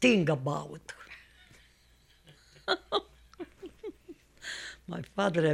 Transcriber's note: she laughs